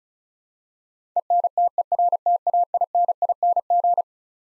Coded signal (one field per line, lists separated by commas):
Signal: Morse code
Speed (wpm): 36 wpm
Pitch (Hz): 700 Hz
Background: none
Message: ENTERTAINING